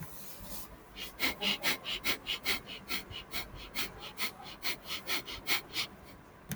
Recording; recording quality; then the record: shallow breathing; excellent, no background noise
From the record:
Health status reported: healthy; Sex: male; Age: 19 years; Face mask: not worn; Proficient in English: yes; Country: India